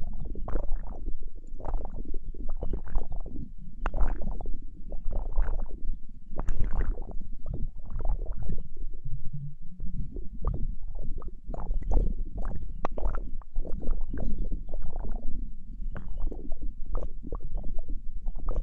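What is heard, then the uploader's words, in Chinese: Glass marbles roll and jostle in a steady, crowded rumble that swells and fades in quick irregular surges throughout. A deep, constant low hum runs underneath, and a few sharp, bright clicks of glass striking glass stand out near 4, 6.5 and 12–13 seconds. 玻璃球睡眠触发。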